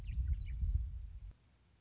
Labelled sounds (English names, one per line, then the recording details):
Western Meadowlark
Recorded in Sonoma County, California